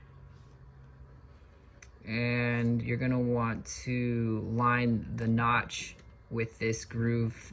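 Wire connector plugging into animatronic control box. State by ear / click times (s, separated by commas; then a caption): not seated / none. Connector C of a wire is picked up and its notch lined up with the groove before being pushed into an animatronic control box, with only light handling sounds and a brief faint tick near 1.8 s. Someone talks over most of the clip, and the connector has not seated or clicked yet.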